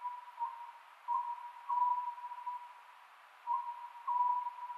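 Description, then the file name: Oriental scops owl song, short low hooting notes in clustered bursts roughly every two to three seconds, over a steady unbroken electronic-sounding tone. Recorded 27 May 2010 at 22:21. "konohazuku-20100527-2221"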